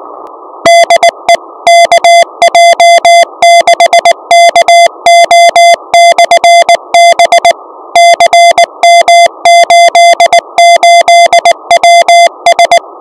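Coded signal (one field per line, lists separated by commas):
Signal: Morse code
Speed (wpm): 19 wpm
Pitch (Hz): 690 Hz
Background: music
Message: DE KJ6KO/B CM88WS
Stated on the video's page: CW beacon on a mountain, received with a single halo antenna at -90 dBm versus stacked halo antennas at -87 dBm, about 3 dB more.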